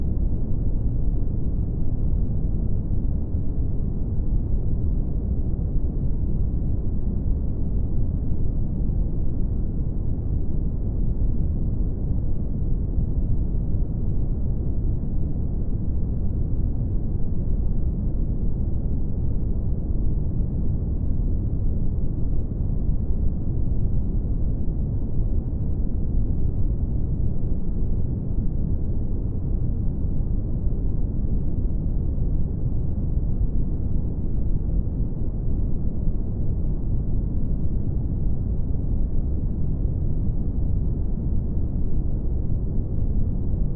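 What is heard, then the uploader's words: Brown noise runs for the whole clip, a deep, steady rumble weighted heavily toward the low end, with nothing bright or hissy above it. The level stays perfectly even from start to finish, with no events, breaks or background sounds. Headspace Brown Noise.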